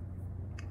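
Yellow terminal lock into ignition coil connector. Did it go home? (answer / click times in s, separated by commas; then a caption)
yes / 0.6 s. A small yellow plastic terminal lock is pressed into a Ford ignition coil connector during a connector and wiring repair to fix a misfire. Over a steady low hum, a short, sharp snap sounds at 0.6 s, and the lock is seated.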